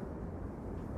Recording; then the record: background sound without coughing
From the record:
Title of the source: Train Ride Ambience ambient white noise for sleeping, focus, studying, reading